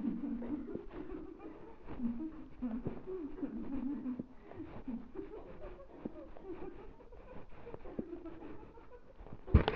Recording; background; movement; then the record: laughter; a bystander coughing; walking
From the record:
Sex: female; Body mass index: 36.4 kg/m2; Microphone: on the chest, facing the body